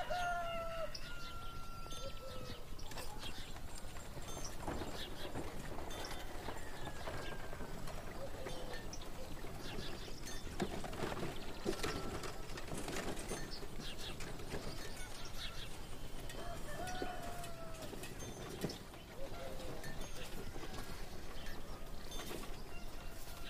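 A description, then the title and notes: Birds chirp and people go about their work in a town, with steady clatter, scattered voices and a brief lull near nineteen seconds. Peaceful fantasy town in the morning. Birds singing, people in the town doing their work, horse carts and farm animals.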